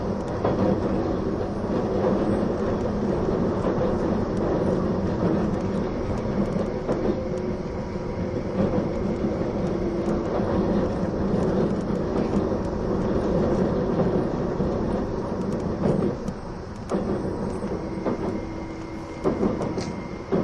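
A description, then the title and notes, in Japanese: Running noise from aboard an express train: a steady, dense low rumble of wheels on track fills the whole stretch, with faint clicks and rattles throughout. A thin motor whine rises near the end, and the sound eases briefly around sixteen seconds. E261系 S踊り子01号02 熱海～伊豆急下田。伊豆への新たなフラッグシップトレインとなる、E261系S踊り子01号を収録したものです。走行音。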